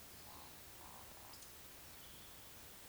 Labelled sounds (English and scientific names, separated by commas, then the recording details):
Eurasian Woodcock (Scolopax rusticola) whistle, Eurasian Woodcock (Scolopax rusticola) croak
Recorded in Baden-Württemberg, Germany, on 19 June 2020 at 19:47 UTC
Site 49006, 684 m above sea level